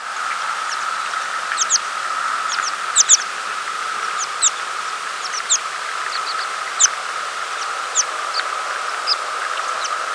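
American pipit calls: many sharp, high, thin notes, often doubled, repeated irregularly throughout, over a steady hum.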